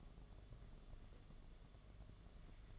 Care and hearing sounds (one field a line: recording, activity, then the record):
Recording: daily activity, microphone in the room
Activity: take from stove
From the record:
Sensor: 4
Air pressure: 1011.1 hPa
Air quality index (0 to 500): 143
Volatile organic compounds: 3 ppm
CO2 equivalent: 1463 ppm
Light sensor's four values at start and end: 202/527/223/232 and 182/474/201/208